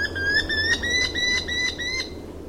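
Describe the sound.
Merlin: several spaced sharp notes laid over a high, slowly rising steady tone, with a low hum beneath.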